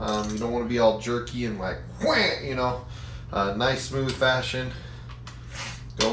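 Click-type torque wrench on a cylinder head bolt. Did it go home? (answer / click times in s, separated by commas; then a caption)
yes / 6.0 s. Someone talks while a click-type torque wrench tightens a cylinder head bolt on the first round at 25, pulled in one smooth motion. The wrench clicks at its setting at 6.0 s.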